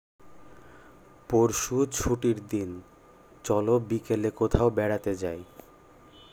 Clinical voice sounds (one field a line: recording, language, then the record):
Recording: elicited speech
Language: Bengali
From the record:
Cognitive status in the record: cognitively healthy